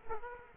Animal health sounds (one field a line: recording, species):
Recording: mosquito wingbeat signal from an infrared sensor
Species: Aedes aegypti